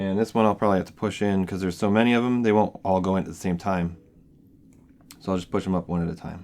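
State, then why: Not seated. Someone talks while handling crimped female jumper pins that are to be pushed one at a time into a plastic multi-pin connector housing for a sensor array. During a pause in the talking, faint brief ticks come at about 4.7, 5.0 and 5.1 s before the talking resumes. Nothing has clicked or seated yet.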